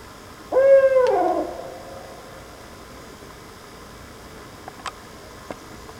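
Owl giving a single hoarse hoot that slides slightly downward, then quiet with faint hiss and a couple of tiny clicks.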